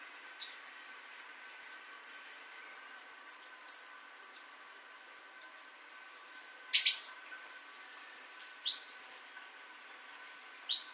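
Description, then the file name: Great tit making a series of high, clipped call notes, some doubled, plus a few downward-sweeping chirps and one short noisy burst midway. "Parus major"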